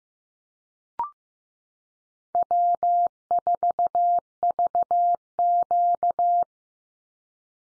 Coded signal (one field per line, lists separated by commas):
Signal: Morse code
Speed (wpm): 15 wpm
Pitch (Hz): 700 Hz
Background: none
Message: W4VQ